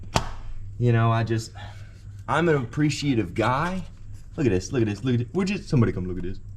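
A fuel line fitting or connector is being handled for a fuel injection throttle body unit on a Suburban, a one-of-one Killshot II upgrade. Someone talks throughout, with a brief sharp tick near the start. Nothing has seated or clicked yet.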